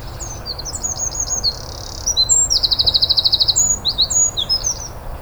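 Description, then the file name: Eurasian wren delivering an energetic song of sharp high whistles and a buzzy segment, then a long rapid trill and further scattered piping notes. "Troglodytes troglodytes"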